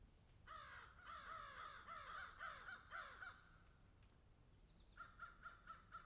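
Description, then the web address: Crow uttering a quick string of raspy caws, pausing, then a shorter run of clipped caws repeated several times a second. "ворона"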